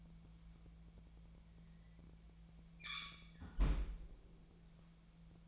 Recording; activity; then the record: daily activity, microphone in the room; close fridge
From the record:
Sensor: 1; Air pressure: 1009.7 hPa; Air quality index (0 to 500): 190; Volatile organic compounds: 18 ppm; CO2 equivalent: 2612 ppm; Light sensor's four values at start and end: 33/83/35/42 and 33/83/35/42